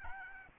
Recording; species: mosquito wingbeat signal from an infrared sensor; Aedes albopictus